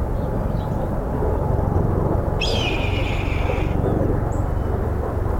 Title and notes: Red-Tailed Hawk :21am Fort Tryon Park, NYC (INaturalist observation